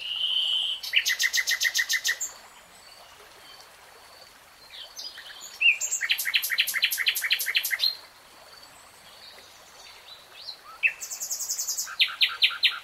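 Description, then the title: Nightingale song in bursts of rapid repeated notes, separated by quieter gaps. Nightingale singing in real time. "[Tiếng chim hót] 3 Hours REALTIME Nightingale Singing"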